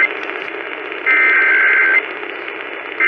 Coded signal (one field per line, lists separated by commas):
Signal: Emergency Alert System (SAME) tones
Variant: header bursts